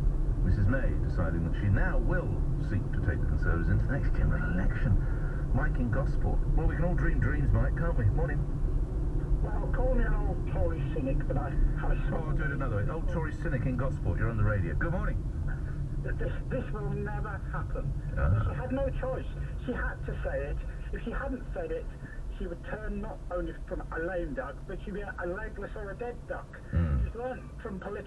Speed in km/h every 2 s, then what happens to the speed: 32, 34, 34, 34, 34, 31, 24, 19, 15, 10, 5, 3, 3, 0.
0-8 steady at about 34. 8-25 slows to 0. 25-28 standing.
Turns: none.